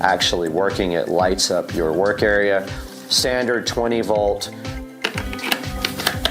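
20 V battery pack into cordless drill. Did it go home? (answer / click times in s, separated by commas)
yes / 6.2 s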